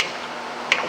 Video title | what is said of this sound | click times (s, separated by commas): Stretching Newman Mesh Snap Panels Part 2 | there hear the click so | 0.7 s